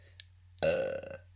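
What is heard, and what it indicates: A single loud, voiced belch from an adult man, lasting about half a second, with a buzzy, resonant tone that fades out gradually. The background is quiet, and speech begins again at the very end. This is an ordinary burp, a normal release of swallowed air.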